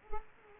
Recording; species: mosquito wingbeat signal from an infrared sensor; Culex quinquefasciatus